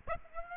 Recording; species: mosquito wingbeat signal from an infrared sensor; Aedes aegypti